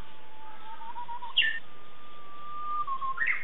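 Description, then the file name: Japanese bush warbler song: a long, steady, low whistle ending in a quick explosive flourish, sung twice, over a constant low background hiss. "Japanese nightingale"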